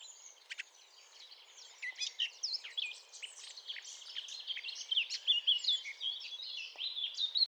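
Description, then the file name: Eurasian blackcap song, a busy scratchy warble of mixed whistles and chatter over a steady background hiss. "Sylvia atricapilla"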